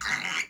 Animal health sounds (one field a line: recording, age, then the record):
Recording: pig call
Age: piglet (1 to 25 days)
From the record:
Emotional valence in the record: negative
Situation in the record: castration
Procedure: castration, cut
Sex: male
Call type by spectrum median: low-frequency call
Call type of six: low-frequency tonal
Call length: 0.49 s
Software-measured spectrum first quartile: 1803 Hz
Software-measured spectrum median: 2269 Hz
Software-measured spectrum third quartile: 3789 Hz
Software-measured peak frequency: 2035 Hz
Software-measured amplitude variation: 161 dB a second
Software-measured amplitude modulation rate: 18.2 a second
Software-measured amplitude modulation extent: 8.8 dB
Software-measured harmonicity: 1.3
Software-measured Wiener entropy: -1.79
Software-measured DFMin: 866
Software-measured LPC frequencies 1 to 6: 2111, 2903, 4003, 4689, 5623, 6742 Hz